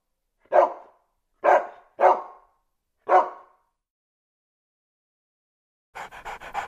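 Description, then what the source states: Dog barking: four sharp single barks, then a quick burst of rapid, rasping pulses at the end. Several dogs barking.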